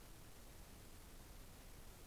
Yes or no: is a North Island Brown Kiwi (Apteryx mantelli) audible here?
no